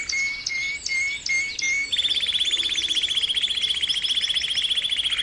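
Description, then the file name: Canary song: short clear whistled notes, then a fast buzzy trill of rapidly repeated notes held steady for several seconds. Canary training song (kenari terapi), posted October 2013. "kenari terapi omkicau"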